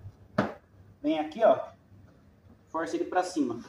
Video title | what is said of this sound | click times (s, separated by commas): Problemas com alinhamento do parachoque de corsa gsi,gl,wind,piquet,gls? dica de como fazer vc msm🥰🥰 | basicamente é isso aqui ó esse movimento encaixou no lugar | 0.4 s